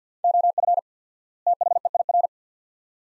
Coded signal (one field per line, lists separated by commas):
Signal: Morse code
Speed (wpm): 50 wpm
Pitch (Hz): 700 Hz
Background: none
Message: OF THEIR